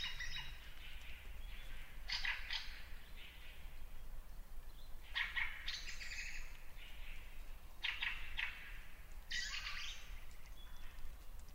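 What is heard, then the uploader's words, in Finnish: Birdsong rings through a lakeside birch wood at dawn, bright phrases returning every few seconds over a soft, steady low hum. Kuhankeittäjän rantakoivikko. Järven rantametsä herää alkukesän aamuun.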